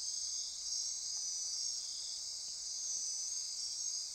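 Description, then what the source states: Insect chorus of steady high-pitched trilling, dense and unchanging throughout the short stretch. Insect chorus at midnight near Corcovado.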